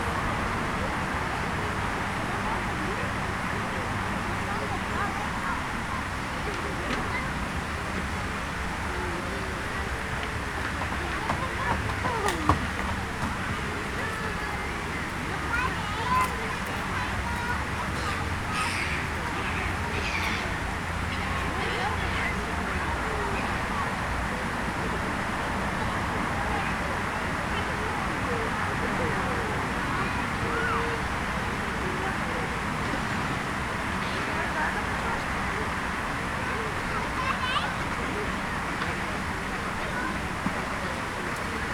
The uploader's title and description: Children playing in a city centre park. A children's play area in a city centre park on a damp evening, just before dusk.